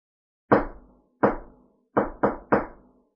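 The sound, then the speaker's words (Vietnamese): Five sharp knocks on a courtyard door with no one talking: two spaced slowly apart, then three in quicker succession, each a solid rap with a short ringing decay. “Hầu Tái Lôi tiến đến gõ cửa, Thạch Mục lững thững theo sau.”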